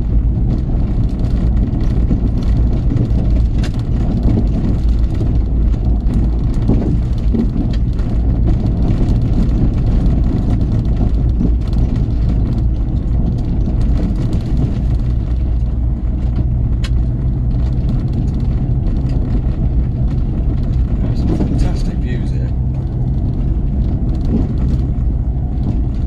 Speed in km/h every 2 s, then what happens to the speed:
24, 23, 23, 23, 24, 24, 24, 26, 26, 27, 26, 27, 27.
0-26 steady at about 24.